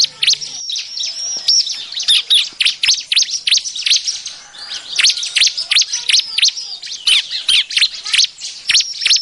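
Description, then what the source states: Bar-winged prinia: a steady, noisy stream of high, sharp chirps and downslurred notes overlapping in quick succession. Noisy calling used as a lure sound.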